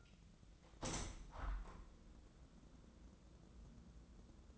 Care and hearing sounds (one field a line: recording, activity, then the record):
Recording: daily activity, microphone in the room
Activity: open window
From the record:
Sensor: 3